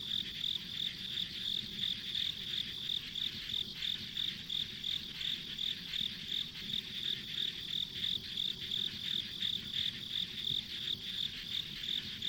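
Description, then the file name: Insect chorus of rapid high chirps, regular pulses roughly three per second layered over a continuous shrill buzz, no other clear sounds. Ambient insect sounds recorded along a rural country road. "田舎道の虫の環境音"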